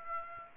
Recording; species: mosquito wingbeat signal from an infrared sensor; Aedes aegypti